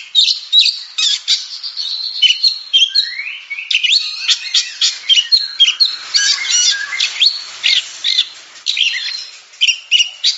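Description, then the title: Oriental magpie-robin song: a vigorous medley of sharp chips, whistles and quick slurred notes. Champion singing bird. "Kicau Burung Kacer Juara"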